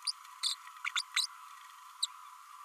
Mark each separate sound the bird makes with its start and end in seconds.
0.07-0.11, 0.43-0.55, 0.84-0.89, 0.95-1.02, 1.16-1.26, 2.02-2.06